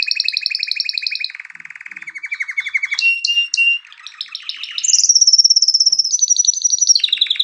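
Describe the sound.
Canary song: rapid trills in fast pulsed tours at steady pitches, shifting between low and high phrases, with a brief quieter stretch before a bright high rolling section.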